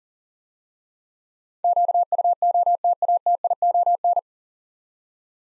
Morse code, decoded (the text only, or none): QUOTATION